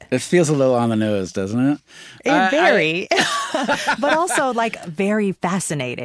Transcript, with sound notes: It feels a little on the nose, doesn't it?
Very.
(LAUGHTER)
But also, like, very fascinating.